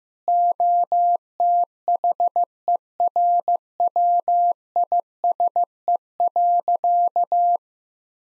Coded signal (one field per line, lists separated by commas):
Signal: Morse code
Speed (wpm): 16 wpm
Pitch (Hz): 700 Hz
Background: none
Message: OTHERWISE.